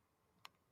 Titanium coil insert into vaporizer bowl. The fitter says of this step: Click heard it presses into place right so it doesn't fall out